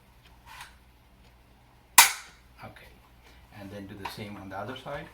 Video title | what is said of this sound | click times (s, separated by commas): PASTrack and Accessories | Push it in between. And we push it until it snaps. Okay. | 2.0 s